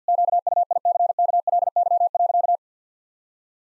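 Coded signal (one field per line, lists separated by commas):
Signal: Morse code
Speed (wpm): 50 wpm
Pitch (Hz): 700 Hz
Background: none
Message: QUICKLY.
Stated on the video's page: Morse practice at 50 wpm: sentences of common seven-word phrases for head-copy drill.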